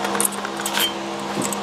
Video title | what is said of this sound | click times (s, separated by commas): 2010 Toyota Highlander front brakes | Click. Click. Click. There we go. | 0.2 s, 0.4 s, 0.7 s